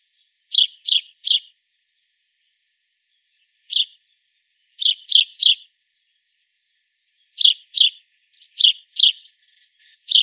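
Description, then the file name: House sparrow calls, sharp chirps mostly in bursts of two or three, separated by silent gaps. "Passer domesticus"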